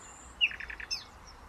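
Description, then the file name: Common nightingale song fragment: a sharp note, then four quick identical notes in a short even run, followed by a high thin note, over soft steady background hiss. "Luscinia megarhynchos"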